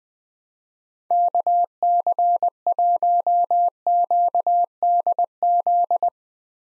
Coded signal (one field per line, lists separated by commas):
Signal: Morse code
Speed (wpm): 20 wpm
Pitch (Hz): 700 Hz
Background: none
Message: KC1QDZ